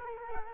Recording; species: mosquito wingbeat signal from an infrared sensor; Culex quinquefasciatus